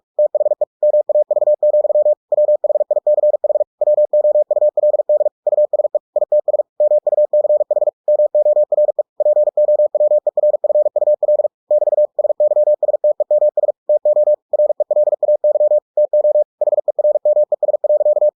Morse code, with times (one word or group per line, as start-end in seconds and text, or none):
0.2-0.6 THE
0.8-2.1 MAV,
2.3-3.6 WHICH
3.8-5.3 WOULD
5.5-6.0 USE
6.2-6.6 ITS
6.8-7.9 MUCH
8.1-9.0 MORE
9.2-11.5 POWERFUL
11.7-12.1 <BT>
12.2-13.7 SYSTEMS
13.9-14.3 TO
14.5-15.8 RELAY
16.0-16.4 TO
16.6-18.3 HERMES.